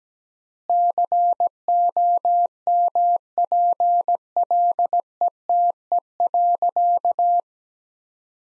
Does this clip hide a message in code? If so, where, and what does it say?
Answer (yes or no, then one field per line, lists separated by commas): yes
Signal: Morse code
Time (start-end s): 0.7-7.4 s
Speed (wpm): 17 wpm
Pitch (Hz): 700 Hz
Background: none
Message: COMPLETE.